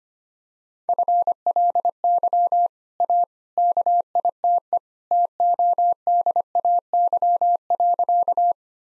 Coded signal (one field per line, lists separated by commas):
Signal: Morse code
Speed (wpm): 25 wpm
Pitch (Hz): 700 Hz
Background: none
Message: FLY A KITE TODAY.